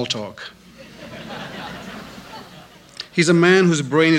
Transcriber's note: soundbite of laughter